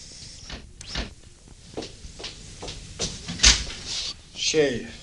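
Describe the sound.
A house's front door being opened for a visitor: a run of soft thumps and clicks, one sharp latch-like snap, then a brief creaking rattle at the end, with faint voices.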